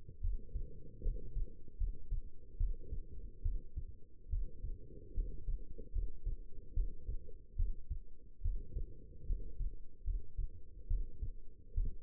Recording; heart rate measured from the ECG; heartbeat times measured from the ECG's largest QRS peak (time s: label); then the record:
heart sounds by stethoscope; 73 bpm
0.20 s: heartbeat
1.02 s: heartbeat
1.77 s: heartbeat
2.57 s: heartbeat
3.42 s: heartbeat
4.29 s: heartbeat
5.14 s: heartbeat
5.92 s: heartbeat
6.73 s: heartbeat
7.56 s: heartbeat
8.41 s: heartbeat
9.26 s: heartbeat
10.04 s: heartbeat
10.87 s: heartbeat
11.74 s: heartbeat
From the record:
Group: healthy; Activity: rest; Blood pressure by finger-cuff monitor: 136/85 mmHg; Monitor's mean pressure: 99 mmHg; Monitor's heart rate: 73 bpm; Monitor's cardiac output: 6.1 L/min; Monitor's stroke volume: 84 mL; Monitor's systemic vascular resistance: 1200 dyn s/cm5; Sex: female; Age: 22 years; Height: 171 cm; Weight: 65.6 kg